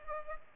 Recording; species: mosquito wingbeat signal from an infrared sensor; Culex pipiens